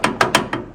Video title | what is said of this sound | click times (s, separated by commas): Should I Take my Nova Sleeper 5.3 LS Turbo on HOT ROD POWER TOUR 2024? | locks into place | 0.0 s, 0.2 s, 0.3 s, 0.5 s